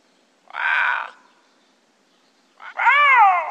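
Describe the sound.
Lynx calls: a rough, noisy call, then after a pause a clear, arched, harmonic mewing cry.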